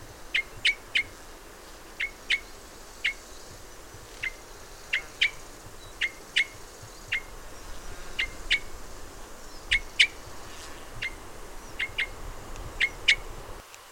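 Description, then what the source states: Red crossbill calls: a long run of clipped, metallic kip notes, often in quick pairs, given irregularly over faint background hiss. Red crossbill of call type N.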